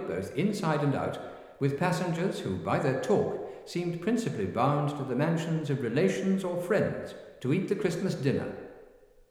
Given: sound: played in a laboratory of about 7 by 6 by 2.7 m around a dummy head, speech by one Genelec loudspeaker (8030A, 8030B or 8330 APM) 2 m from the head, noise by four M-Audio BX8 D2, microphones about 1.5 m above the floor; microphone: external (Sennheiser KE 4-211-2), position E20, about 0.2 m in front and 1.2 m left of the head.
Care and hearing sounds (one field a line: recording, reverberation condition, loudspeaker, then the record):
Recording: male speech in English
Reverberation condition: high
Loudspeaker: 90 degrees to the left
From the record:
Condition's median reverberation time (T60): about 1300 ms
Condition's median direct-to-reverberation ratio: about -4.0 dB